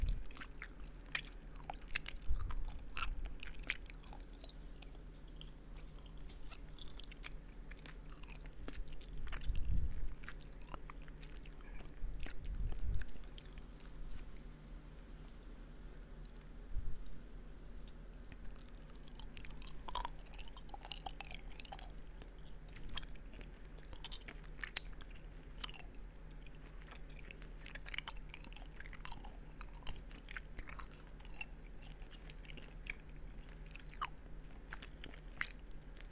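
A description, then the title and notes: Chewing of candy, with wet, sticky mouth clicks and smacks scattered densely through the whole stretch. A few louder low thumps land around 2, 10, 13 and 17 seconds, and a steady low hum sits underneath. Eating Halloween Candy. MouthSounds. Chewing sounds.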